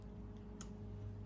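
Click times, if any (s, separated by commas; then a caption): 0.6 s. An LG dryer door that turns off randomly is closed, and its latch engages the door switch on the cabinet with a single small, sharp click at 0.6 s, over a steady low hum. The latch clicks shut and seats.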